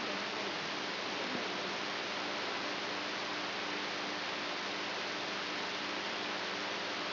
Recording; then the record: brain microelectrode recording played as sound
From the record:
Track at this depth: inside the subthalamic nucleus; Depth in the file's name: 4.515 mm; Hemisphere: right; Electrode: 3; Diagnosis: Parkinson's disease